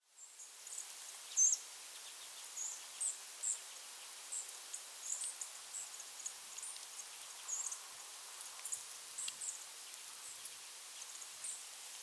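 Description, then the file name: Harris's sparrow calls: a series of short, high, thin chips and ticks over a constant background hiss. "Zonotrichia querula - Harris's Sparrow"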